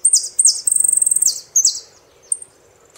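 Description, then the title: Saffron finch song: loud high downslurred notes, a rapid rattling trill, another slur, then a lone faint chirp. "Jilguero Argentino"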